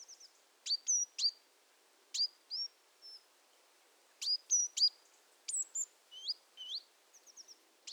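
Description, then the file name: Great tit calls: sharp, high chirps and short downward-slurred notes given in irregular bursts, with quiet gaps between and no other clear sounds. "Parus major"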